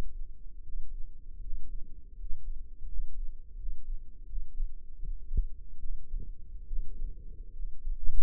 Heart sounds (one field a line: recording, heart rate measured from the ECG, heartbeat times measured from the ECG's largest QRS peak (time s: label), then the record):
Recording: heart sounds by microphone in the left ear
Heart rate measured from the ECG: 78 bpm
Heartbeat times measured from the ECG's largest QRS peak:
0.62 s: heartbeat
1.40 s: heartbeat
2.15 s: heartbeat
2.87 s: heartbeat
3.56 s: heartbeat
4.26 s: heartbeat
4.99 s: heartbeat
5.79 s: heartbeat
6.66 s: heartbeat
7.53 s: heartbeat
From the record:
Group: healthy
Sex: male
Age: 35 years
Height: 178 cm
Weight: 64 kg